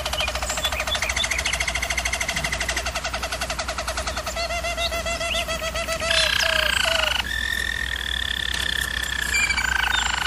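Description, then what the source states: German Roller canary rolling song with rapid pulsed trills, changing to a brighter, higher tour partway through, with a faint low hum beneath. German Roller canary singing, used for training canaries.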